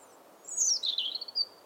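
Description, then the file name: European robin song phrase, a thin high whistle sliding downward into a rapid twittering trill that ends on a short high note. "Erithacus rubecula"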